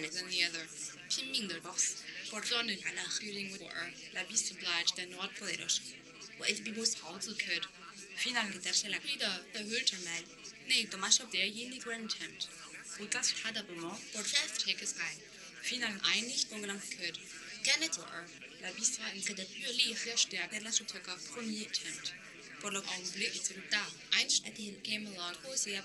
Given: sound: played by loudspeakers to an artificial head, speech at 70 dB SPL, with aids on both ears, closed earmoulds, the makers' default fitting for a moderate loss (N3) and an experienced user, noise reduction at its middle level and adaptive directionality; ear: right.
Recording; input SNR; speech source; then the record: speech test signal (ISTS) in cocktail-party noise; +6 dB; in front (0 degrees)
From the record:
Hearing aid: class 1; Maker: J